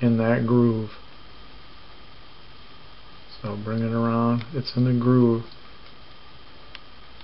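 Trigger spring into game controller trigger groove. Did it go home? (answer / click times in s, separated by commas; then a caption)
yes / 6.8 s. Someone talks while the trigger spring on a PS3 controller is held in its plastic groove and worked around into place. After a quiet stretch, a short, sharp click at 6.8 seconds marks the spring snapping back in, seated in the trigger groove.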